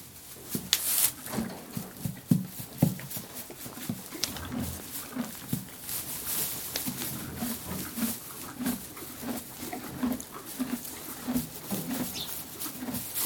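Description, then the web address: Horse snorting: loud, breathy bursts early on, then steady rhythmic low puffs of breath about every half second, with rustling and shuffling throughout. Horses moving around in a stable, recorded close and very close, with a loud snort on the microphone. "BBC Horses Snorting. moving around in stable close and very close perspective with loud snort on mic"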